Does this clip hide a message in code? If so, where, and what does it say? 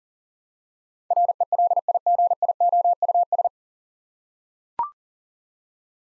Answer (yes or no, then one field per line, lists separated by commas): yes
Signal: Morse code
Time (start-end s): 1.1-3.5 s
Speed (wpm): 37 wpm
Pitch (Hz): 700 Hz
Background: none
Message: RELIGIOUS